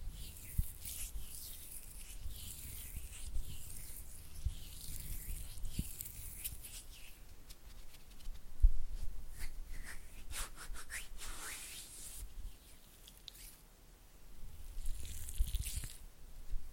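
Oily hands rub and squish together while fingers flutter, making soft, slick, uneven sounds. Bright wet crackles and swishes come in clusters, busiest around 8 to 12 seconds and again near 15 seconds, over a low, rumbling undertone with occasional sharp taps.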